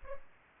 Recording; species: mosquito wingbeat signal from an infrared sensor; Culex pipiens